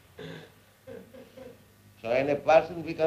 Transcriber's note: laugh